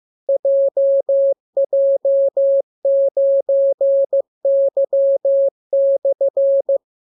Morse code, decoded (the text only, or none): JJ9Y/